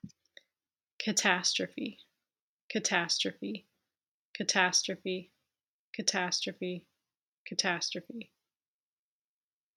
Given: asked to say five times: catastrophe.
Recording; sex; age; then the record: repeated word; female; 30 to 39 years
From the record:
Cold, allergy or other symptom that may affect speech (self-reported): no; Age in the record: 36 years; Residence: North Carolina, United States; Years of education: 16